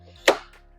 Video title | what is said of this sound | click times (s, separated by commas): How to Mount the Trxstle CRC System Fly Rod Carrier - Standard & XL Mount Installation | Continue pulling until it clicks into place. | 0.3 s